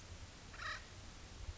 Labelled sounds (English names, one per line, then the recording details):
Acorn Woodpecker
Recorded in Sonoma County, California